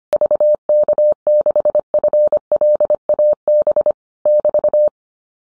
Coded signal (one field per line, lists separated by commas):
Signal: Morse code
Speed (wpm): 25 wpm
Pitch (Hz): 600 Hz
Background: none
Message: VK6FLAB <BT>